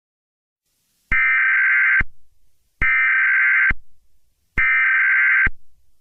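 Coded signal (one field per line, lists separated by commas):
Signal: Emergency Alert System (SAME) tones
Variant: header bursts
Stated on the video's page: Valid EAS tones in a fictional scenario.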